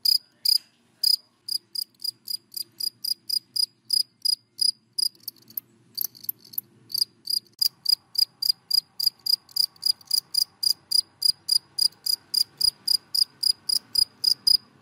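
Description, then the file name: Cricket chirping in rapid high pulses, about four a second, with faint low sounds in the background. Crickets calling, given by the Vietnamese names dế mèn, dế cơm and dế than. "Tieng de men de com de than keu"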